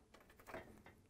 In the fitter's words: you hear the click if you see this locking bar on your lock in this position is